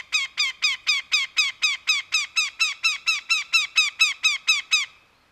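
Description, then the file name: Northern goshawk uttering a loud, evenly paced chain of harsh, nasal kek calls lasting about five seconds. 12 May 2010. "andrew spencer nogo 2010-5-12"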